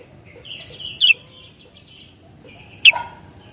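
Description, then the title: Sooty-headed bulbul: soft twittering notes with two loud, sharp notes cutting through. "kutilang"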